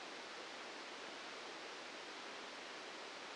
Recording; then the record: brain microelectrode recording played as sound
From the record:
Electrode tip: inside the subthalamic nucleus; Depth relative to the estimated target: -2 mm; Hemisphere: left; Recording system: NeuroSet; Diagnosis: Parkinson's disease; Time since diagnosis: 8 years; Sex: male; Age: 59 years